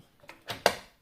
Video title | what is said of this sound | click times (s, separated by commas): Tuto Montage PC #hardware #pc #pcgaming | on entend le petit clic | 0.7 s